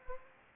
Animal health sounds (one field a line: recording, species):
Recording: mosquito wingbeat signal from an infrared sensor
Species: Anopheles arabiensis